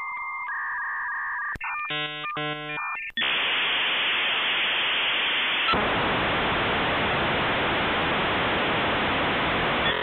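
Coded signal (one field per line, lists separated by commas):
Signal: dial-up modem handshake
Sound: steady answer tones, a burst of warbling multi-tone chords, then loud continuous hiss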